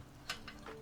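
A pressure-fitted metal IO shield is handled against the rear opening of a PC case, where it is meant to be pushed in at each corner until it locks. Faint ticking handling sounds come through, a sharper one near 0.3 seconds and softer ones around 0.5 and 0.7 seconds. Nothing has seated or clicked yet.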